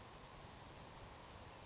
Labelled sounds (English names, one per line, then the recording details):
Savannah Sparrow
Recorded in Sonoma County, California